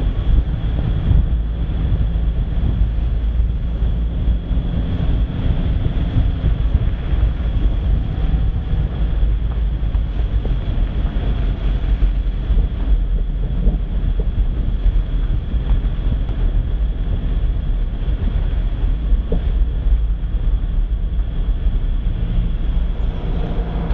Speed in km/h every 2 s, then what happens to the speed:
31, 32, 30, 29, 26, 24, 23, 22, 20, 19, 14, 10.
0-24 slows to 10.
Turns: none.